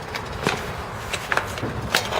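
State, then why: Seated. A rider presses the cleat of a cycling shoe into a clipless road-bike pedal, and a sharp click is heard at 1.3 s as it locks, followed by a second tap and a further click near 2.0 s over faint background noise. The cleat is seated and the foot is now fixed to the pedal.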